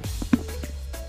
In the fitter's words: ดลงไปเบาๆฮะคลิกให้ดังคลิกฮะแล้วก็ล็อกเลยครับแน่นหนานะ